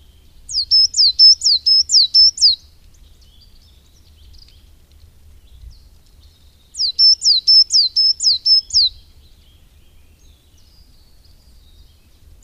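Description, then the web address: Coal tit song, a high, thin phrase of about five quick repeated two-note units, given twice with a pause of several seconds between phrases. "agykontroll Madardalok Cd 1. Fenyves cinege"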